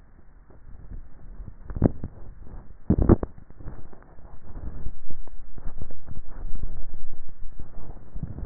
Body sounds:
swallowing sounds by neck microphone; 1
5.35-6.22 s: swallow
From the record:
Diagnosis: dysphagia

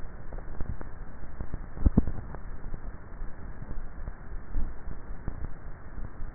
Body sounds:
swallowing sounds by neck microphone; 1
1.78-2.75 s: swallow
From the record:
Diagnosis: dysphagia

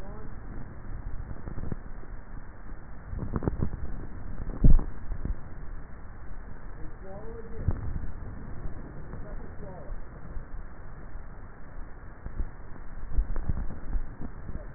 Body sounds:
swallowing sounds by neck microphone; 2
4.35-5.25 s: swallow
13.08-13.88 s: swallow
From the record:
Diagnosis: dysphagia

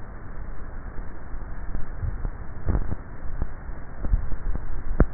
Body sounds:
swallowing sounds by neck microphone; 1
1.88-2.88 s: swallow
From the record:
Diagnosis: dysphagia

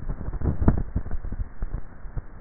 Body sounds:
swallowing sounds by neck microphone; 1
0.52-1.35 s: swallow
From the record:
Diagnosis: dysphagia

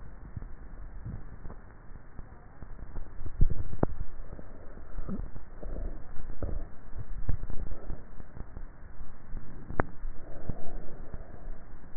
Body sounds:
swallowing sounds by neck microphone; 2
3.32-4.02 s: swallow
7.02-7.72 s: swallow
From the record:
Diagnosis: dysphagia

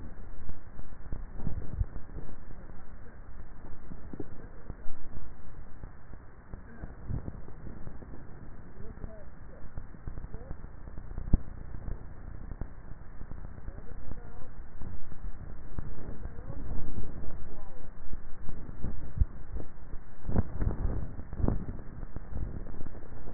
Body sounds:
swallowing sounds by neck microphone; 2
1.62-2.42 s: swallow
18.95-19.83 s: swallow
From the record:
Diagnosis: dysphagia

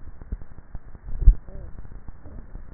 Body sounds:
swallowing sounds by neck microphone; 1
1.28-2.35 s: swallow
From the record:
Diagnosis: dysphagia

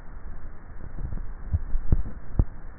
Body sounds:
swallowing sounds by neck microphone; 1
1.18-2.02 s: swallow
From the record:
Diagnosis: dysphagia

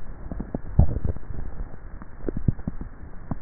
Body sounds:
swallowing sounds by neck microphone; 1
0.58-1.45 s: swallow
From the record:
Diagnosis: dysphagia

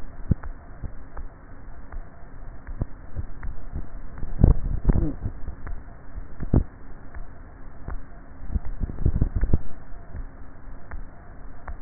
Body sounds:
swallowing sounds by neck microphone; 2
4.32-5.18 s: swallow
8.98-9.75 s: swallow
From the record:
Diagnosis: dysphagia

